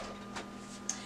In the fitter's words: you want to hear it click into place that way you know it's standing up and it won't fall down then